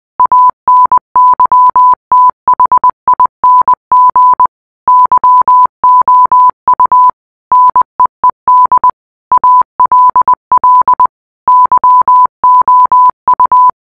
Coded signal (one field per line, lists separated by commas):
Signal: Morse code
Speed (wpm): 20 wpm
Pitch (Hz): 1000 Hz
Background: none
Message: ANYTHING YOU NEED ALL YOU